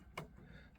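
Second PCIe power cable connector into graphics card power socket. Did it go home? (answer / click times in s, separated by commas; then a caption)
yes / 0.2 s. A second 8-pin PCIe power cable connector is plugged into the power socket of an NVidia GTX760 graphics card being installed in a Dell Precision 490 with A08 BIOS motherboard. A single sharp click at 0.2 s marks the connector seating, clicking in just like the first one, followed by quiet low rumble.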